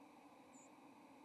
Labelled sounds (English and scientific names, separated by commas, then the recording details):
White-throated Sparrow (Zonotrichia albicollis) flight call
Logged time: 07:09 on 30 October 2014